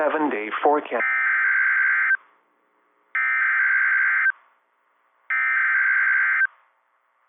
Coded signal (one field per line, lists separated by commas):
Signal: Emergency Alert System (SAME) tones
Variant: header bursts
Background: speech